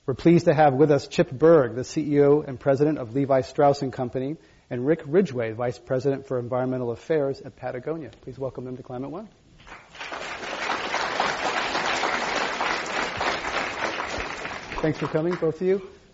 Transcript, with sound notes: We're pleased to have with us, Chip Bergh, the CEO and President of Levi Strauss & Co., and Rick Ridgeway, Vice President for Environmental Affairs at Patagonia. Please welcome them to Climate One.
[Applause]
Thanks for coming both of you.